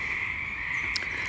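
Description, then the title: Steady frog chorus, a continuous high trill from many callers, with one sharp click. Frogs back in full force at a pond at Knickerbocker; pond still a little low; frog eggs and tadpoles present. "The Frogs of Knickerbocker"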